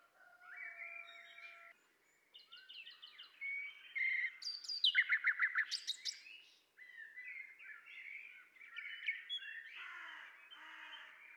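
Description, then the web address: Common nightingale sings a long plain whistle, stepped repeated notes, then a loud rapid rattling series, followed by softer warbled phrases. "pub SETE data Luscinia megarhynchos"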